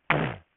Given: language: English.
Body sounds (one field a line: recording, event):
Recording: throat vibration sensor signal played as sound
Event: throat clearing